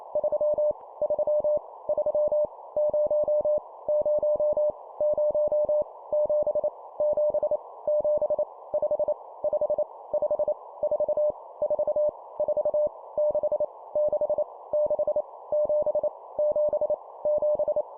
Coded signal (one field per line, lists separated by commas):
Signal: Morse code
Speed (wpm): 28 wpm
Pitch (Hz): 600 Hz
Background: none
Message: 3 3 3 0 0 0 7 7 7 5 5 5 4 4 4 6 6 6 7 7 7